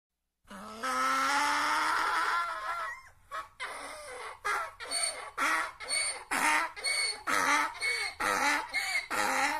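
Donkey braying: a long drawn rising note, then a rhythmic series of loud alternating hee-haw gasps, roughly two per second, continuing to the end.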